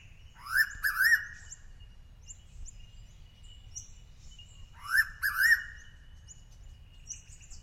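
Noisy pitta gives two paired whistled notes, the second set about four seconds after the first, while soft chirps of other birds sound between them.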